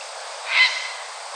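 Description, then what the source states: Grey heron giving a single short, hoarse, harsh squawk that swells and fades within half a second, over a steady background hiss. Recorded 31 August 2016.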